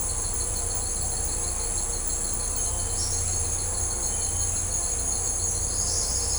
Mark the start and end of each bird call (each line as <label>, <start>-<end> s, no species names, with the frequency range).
bird call (4.3-6.7 kHz), 2.96-3.13 s